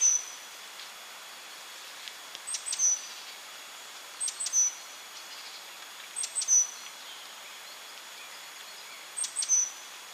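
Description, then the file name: Great tit calls: short groups of sharp, high ticking notes each ending in a brief thin whistle, repeated every few seconds over a steady faint background hiss. "Parus major"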